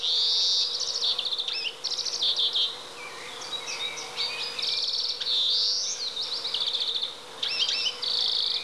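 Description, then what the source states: European greenfinch song: continuous run of high twittering trills and rapid chirps, broken by buzzy drawn notes, with brief gaps between phrases. Song; said to be easy to recognise by its characteristic call.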